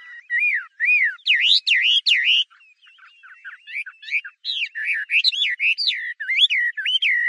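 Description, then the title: Chinese hwamei song: strong swooping whistles, a short stretch of softer jumbled notes, then more loud, rising and falling whistled phrases. "画眉鸟的叫声"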